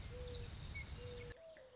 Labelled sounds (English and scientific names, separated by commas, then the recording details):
Mourning Dove (Zenaida macroura)
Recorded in Sonoma County, California